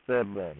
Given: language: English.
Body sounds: throat vibration sensor signal played as sound; speech

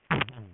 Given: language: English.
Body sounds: throat vibration sensor signal played as sound; throat clearing

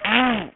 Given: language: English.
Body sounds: throat vibration sensor signal played as sound; throat clearing

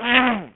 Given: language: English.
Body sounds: throat vibration sensor signal played as sound; throat clearing

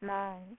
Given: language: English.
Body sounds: throat vibration sensor signal played as sound; speech

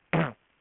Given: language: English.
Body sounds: throat vibration sensor signal played as sound; throat clearing

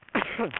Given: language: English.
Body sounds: throat vibration sensor signal played as sound; cough

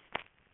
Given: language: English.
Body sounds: throat vibration sensor signal played as sound; swallow

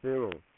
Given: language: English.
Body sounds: throat vibration sensor signal played as sound; speech

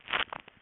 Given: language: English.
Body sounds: throat vibration sensor signal played as sound; swallow

